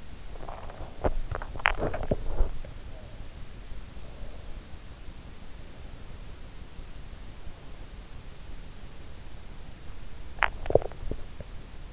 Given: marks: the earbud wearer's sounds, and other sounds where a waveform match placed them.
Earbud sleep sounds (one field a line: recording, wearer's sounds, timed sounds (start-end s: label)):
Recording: sounds in sleep by an in-ear microphone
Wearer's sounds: body movement, teeth grinding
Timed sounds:
0.00-3.20 s: body movement
1.38-2.43 s: teeth grinding
9.80-11.92 s: teeth grinding